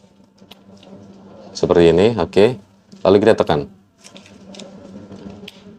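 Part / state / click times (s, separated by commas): flashlight body into plastic clip mount / seated / 5.5 s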